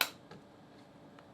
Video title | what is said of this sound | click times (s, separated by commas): How do the New 2021 Klipsch T5 II with Bragi AI sound? Should you buy? Call & Audio Samples | and satisfying click | 0.0 s